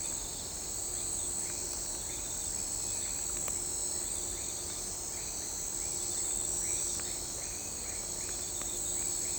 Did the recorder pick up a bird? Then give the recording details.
no. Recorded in shrubland near Pivijay, Magdalena, Colombia, on 18 April 2023 at 23:30. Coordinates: 10.453, -74.365. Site P5-G022